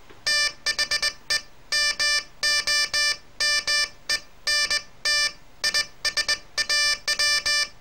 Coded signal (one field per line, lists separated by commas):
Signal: Morse code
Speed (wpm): 20 wpm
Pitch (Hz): 1750 Hz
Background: none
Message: THE MOMENT I SAW